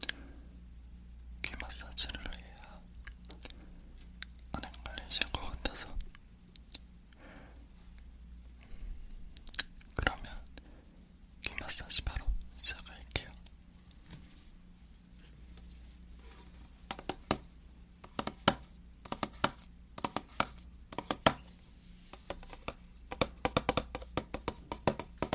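Lotion being rubbed and massaged over an ear, heard as soft wet squishing and patting bursts. Clusters of quick crackly rubbing come at around 1–3, 5–6, 11–13 and 17–24 seconds, with quieter gaps between. A low steady hum runs underneath throughout.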